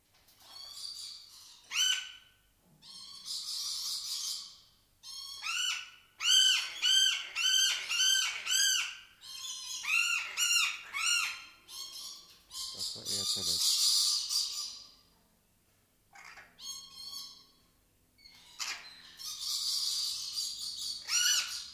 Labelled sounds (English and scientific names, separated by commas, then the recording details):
Red-bellied Macaw (Orthopsittaca manilatus) call
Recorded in captivity
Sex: pair
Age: adult
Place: Zoo Berlin, Berlin, DE
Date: 1997-10-25 10:42
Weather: wolkig, 3°C
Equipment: Nagra SN, Kopie Uher 4000 Report Monitor
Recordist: Tembrock, Günter